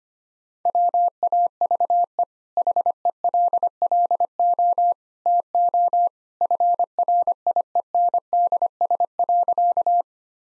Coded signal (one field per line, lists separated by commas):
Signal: Morse code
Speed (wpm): 25 wpm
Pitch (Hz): 700 Hz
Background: none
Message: WAVE HELLO TO FRIENDS.